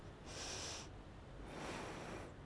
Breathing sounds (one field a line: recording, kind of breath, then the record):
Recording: one breath in and out by a microphone near the nose and mouth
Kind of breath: deep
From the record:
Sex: female